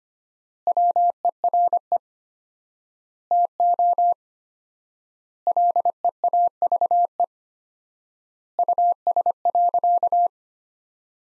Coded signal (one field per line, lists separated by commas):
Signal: Morse code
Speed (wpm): 25 wpm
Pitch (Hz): 700 Hz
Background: none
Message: WERE TO LEAVE US.